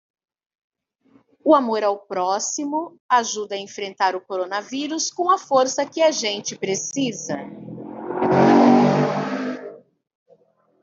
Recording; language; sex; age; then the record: spoken sentence; Brazilian Portuguese; female; 50 to 59 years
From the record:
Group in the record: control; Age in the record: 50 years